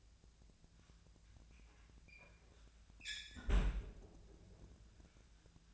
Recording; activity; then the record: daily activity, microphone in the room; close fridge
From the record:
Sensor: 2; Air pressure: 1009.6 hPa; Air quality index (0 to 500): 182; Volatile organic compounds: 11 ppm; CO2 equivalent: 2272 ppm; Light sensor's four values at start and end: 27/65/28/31 and 27/66/28/31